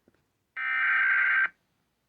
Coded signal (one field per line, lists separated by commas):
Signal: Emergency Alert System (SAME) tones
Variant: header bursts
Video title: Required Monthly Test|EAS 1086|Vermont